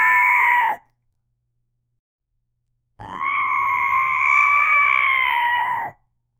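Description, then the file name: Cat screaming: a brief harsh cry, then after a pause a long, steady, strained scream lasting about three seconds, ending abruptly. "big ahh cat screaming"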